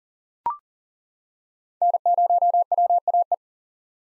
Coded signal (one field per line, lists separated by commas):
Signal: Morse code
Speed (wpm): 40 wpm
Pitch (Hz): 700 Hz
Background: none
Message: N0WAE